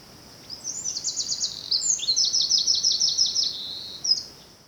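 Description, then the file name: Eurasian wren singing a fast, piercing high-pitched stream of trills and clipped repeated notes for about three and a half seconds, ending in a sharp note, with a constant faint high whine behind. "Troglodytes troglodytes"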